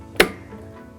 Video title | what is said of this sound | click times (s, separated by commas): Striker III - Sticker Media Roll Install | to close it up we're going to collect the ink ribbon make sure you hear both sides click | 0.2 s